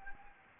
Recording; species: mosquito wingbeat signal from an infrared sensor; Anopheles gambiae